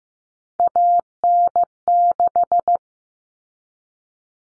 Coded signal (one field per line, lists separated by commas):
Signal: Morse code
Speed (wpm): 15 wpm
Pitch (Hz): 700 Hz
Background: none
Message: AN6